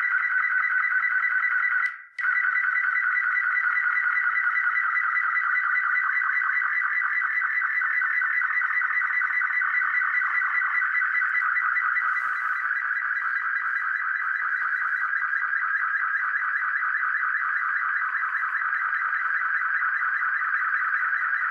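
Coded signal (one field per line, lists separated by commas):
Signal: multi-tone FSK (Olivia or MFSK type)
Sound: continuous warbling multi-tone data signal around 1.5-2 kHz with rapid rhythmic tone steps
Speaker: so now let's see if this works i'm going to hit the transmit button and be quiet for a little while so i don't disrupt the transmission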